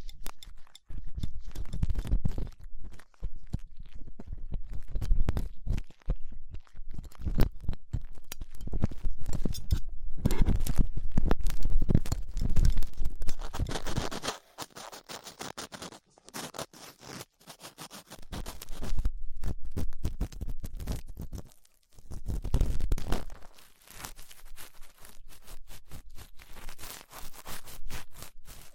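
Ear cleaning with latex gloves, a dental pick and cotton swabs: dense, crackly scratching and scraping that comes in bursts of a few seconds. Short quiet gaps fall around 14, 17 and 22 seconds, with a low rumbling texture under the busier stretches.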